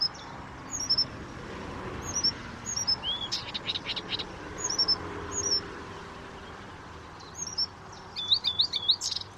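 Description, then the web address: Blyth's reed warbler song, thin high paired notes repeated at intervals, a brief burst of rasping sound, then a quick warbled phrase at the end. "chant didier collin rousserolle des buissons"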